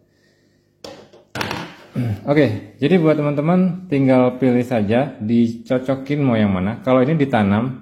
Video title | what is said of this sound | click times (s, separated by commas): Fuse dan Fungsinya #konslet #short #arus #pemutus #sikring #sekring #baterai #listrik | begini tekan yang yang agak kuat dia akan bunyi klik maka dia sudah kuat | 1.3 s